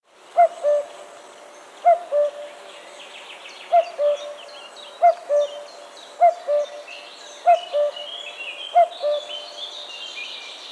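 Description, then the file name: Common cuckoo calling its two-note falling cu-coo about every one and a half seconds, seven times, over a busy background of small songbirds chirping and trilling. "kuckuck"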